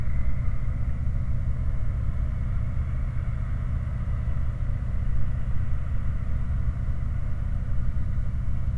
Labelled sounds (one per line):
machinery
flare stack